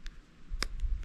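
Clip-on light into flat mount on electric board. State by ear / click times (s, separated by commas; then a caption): seated / 0.6 s. A small plastic clip-on light is slid into its flat plastic mount on an electric board until it snaps home. A faint tick comes at 0.1 s, then the loud, sharp snap of the light seating at 0.6 s, followed by two softer ticks as it settles. The light is firmly seated with a solid click.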